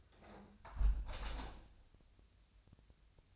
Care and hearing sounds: daily activity, microphone in the room; close window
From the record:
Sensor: 2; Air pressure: 1014.8 hPa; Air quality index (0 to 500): 80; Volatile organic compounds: 2 ppm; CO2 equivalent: 1058 ppm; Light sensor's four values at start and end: 8/19/8/8 and 8/19/8/8

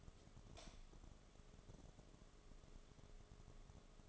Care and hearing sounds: daily activity, microphone in the room; light off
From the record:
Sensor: 4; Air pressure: 1011.1 hPa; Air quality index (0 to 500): 148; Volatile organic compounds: 3 ppm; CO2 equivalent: 1512 ppm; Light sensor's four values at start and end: 120/317/134/139 and 119/313/132/137

